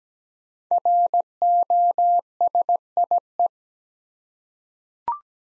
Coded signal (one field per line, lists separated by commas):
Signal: Morse code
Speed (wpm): 17 wpm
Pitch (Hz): 700 Hz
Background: none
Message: ROSIE